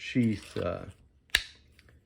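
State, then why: Seated. Someone talks, then a small fixed-blade knife is pushed into its sheath until the retention engages with one sharp click at 1.4 s, followed by a few faint ticks. The knife is seated and held in nice and tight.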